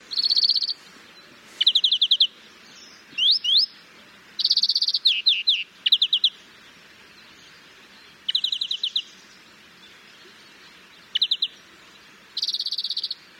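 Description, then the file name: European greenfinch calling in bursts of rapid twittering trills, interspersed with a few upward-sweeping notes, pauses of under a second to about two seconds between bursts; faint background hiss. "Chloris chloris"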